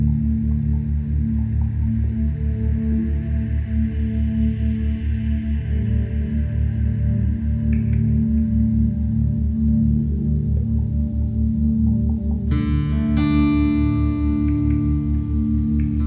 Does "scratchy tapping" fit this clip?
no